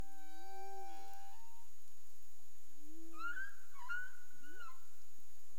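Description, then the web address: Humpback whale calls: a low harmonic moan bending downward, then higher whooping tones and short upsweeping cries, over a faint steady high-pitched hum. Recorded in the Caribbean on 30 April 2035 at 03:35 UTC. "humpback whale 20350430 033531 UTC"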